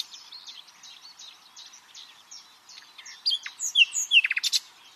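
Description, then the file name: Common nightingale song: quiet chattering phrases build to loud, slurred whistles and a quick burst of repeated notes in the final two seconds. "Luscinia megarhynchos"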